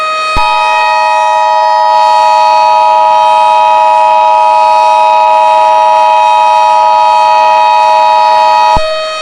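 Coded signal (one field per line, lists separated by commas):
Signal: Emergency Alert System (SAME) tones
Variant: 853 and 960 Hz attention tone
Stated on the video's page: Mock EAS tones.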